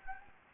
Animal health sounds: mosquito wingbeat signal from an infrared sensor; Anopheles gambiae

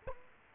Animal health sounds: mosquito wingbeat signal from an infrared sensor; Culex quinquefasciatus

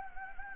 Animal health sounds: mosquito wingbeat signal from an infrared sensor; Anopheles gambiae

